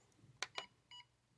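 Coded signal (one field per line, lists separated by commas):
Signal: beep code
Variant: RC transmitter rate switch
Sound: two sharp clicks, the second with a brief tone, then one short beep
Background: quiet room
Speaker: one beep is beginner rate two beeps is uh um uh Advanced High rate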